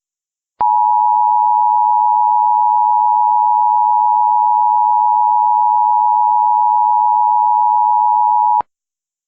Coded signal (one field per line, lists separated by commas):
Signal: Emergency Alert System (SAME) tones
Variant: 853 and 960 Hz attention tone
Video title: *VALID TONES* Hurricane Dorian EAS Compilation